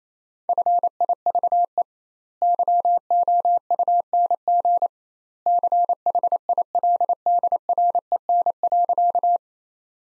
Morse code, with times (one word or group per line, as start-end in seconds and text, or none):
0.5-1.8 FIVE
2.4-4.9 YOUNG
5.5-9.4 CHILDREN.